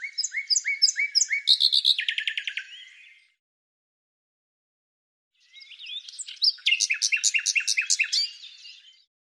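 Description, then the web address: Bird song in two phrases separated by a pause. Repeated high chirps speed up into fast, dense trills. "Deverinetal 2025"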